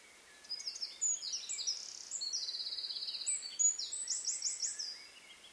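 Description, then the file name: Eurasian wren singing: a long, rapid outpouring of very high, shrill notes and fast rattling trills that runs almost unbroken for about four and a half seconds. "Troglodytes troglodytes"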